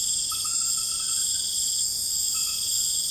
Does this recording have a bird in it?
no